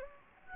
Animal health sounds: mosquito wingbeat signal from an infrared sensor; Anopheles gambiae

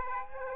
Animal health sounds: mosquito wingbeat signal from an infrared sensor; Aedes aegypti

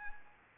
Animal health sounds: mosquito wingbeat signal from an infrared sensor; Anopheles arabiensis

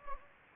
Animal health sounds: mosquito wingbeat signal from an infrared sensor; Anopheles gambiae

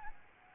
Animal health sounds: mosquito wingbeat signal from an infrared sensor; Aedes albopictus

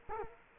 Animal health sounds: mosquito wingbeat signal from an infrared sensor; Culex quinquefasciatus

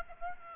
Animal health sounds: mosquito wingbeat signal from an infrared sensor; Aedes aegypti

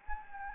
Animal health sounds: mosquito wingbeat signal from an infrared sensor; Anopheles gambiae

